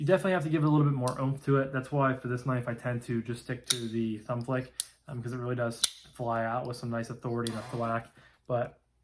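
Someone talks while handling an IONA V2 folding pocket knife, flicking its steel blade open with the thumb and working it toward the closed position in the handle, where the detent snaps it shut. A few brief sharp sounds cut through the speech, but the blade has not yet snapped home into the detent, and nothing has seated or clicked by the end of the clip.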